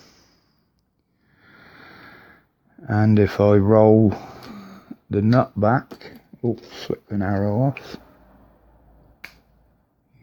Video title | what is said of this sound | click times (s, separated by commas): UPDATE,AND ANOTHER OF MY HOBBY'S ,please read description | hear a click | 9.2 s